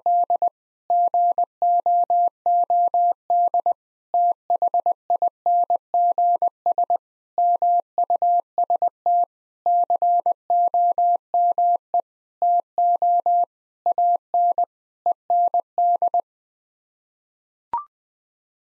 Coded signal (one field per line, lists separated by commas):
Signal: Morse code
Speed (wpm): 21 wpm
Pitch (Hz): 700 Hz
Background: none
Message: D GOOD THINGS MUST COME TO AN END